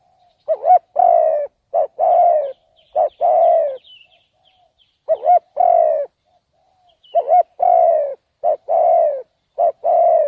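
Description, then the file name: Spotted dove gives repeated coos, short hooting notes and longer drawn coos in clusters. "tieng cu dat gay"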